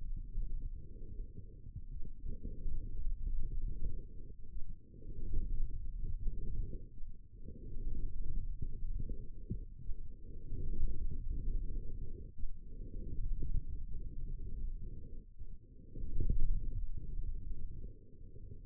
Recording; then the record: forearm muscle sounds (acoustic myography)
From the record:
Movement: forearm supination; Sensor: system 1, eight BSWA MPA416 microphones around the upper forearm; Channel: 3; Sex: male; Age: 28 years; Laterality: right